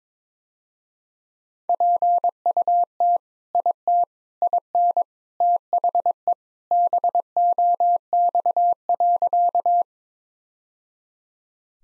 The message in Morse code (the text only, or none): PUT IT IN THE BOX.